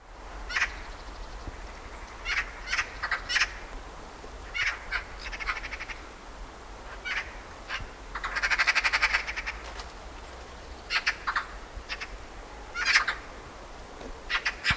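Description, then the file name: Eurasian magpie giving harsh, rasping chatter notes in short bursts, including a longer rattling burst near the middle, over a steady low hum. "Pica pica"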